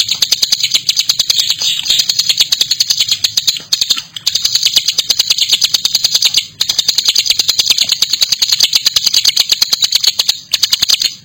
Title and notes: Kicau Ciblek. putri sherin. suara burung ciblek gacor dan anakan